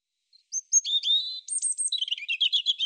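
European robin song phrase: a few piercing high notes and short whistles that give way to a quick, jittery trill.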